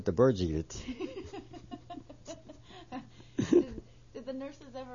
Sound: she laughs

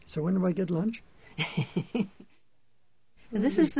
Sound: laughs

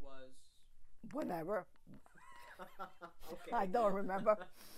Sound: they laugh

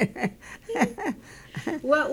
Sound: she laughs

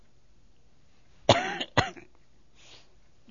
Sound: coughs

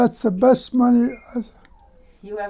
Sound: he cries

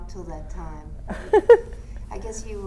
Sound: laughs

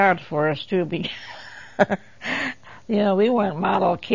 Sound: laughing

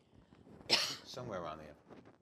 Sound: coughs

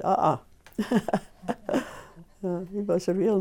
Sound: laugh

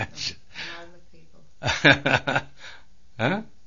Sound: he laughs

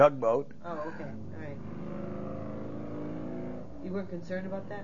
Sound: an automobile can be heard in the background

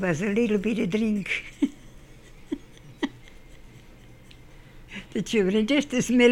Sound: laughs

